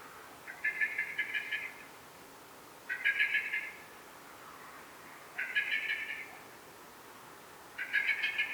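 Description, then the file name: Eurasian blackbird giving harsh, rapid chattering bursts about a second long, repeated roughly every two and a half seconds against a quiet, hissy background. "Turdus merula"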